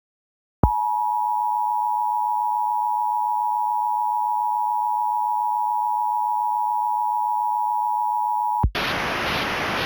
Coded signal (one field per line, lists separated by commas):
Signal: Emergency Alert System (SAME) tones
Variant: 853 and 960 Hz attention tone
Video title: EAS Short - The Snow White Rage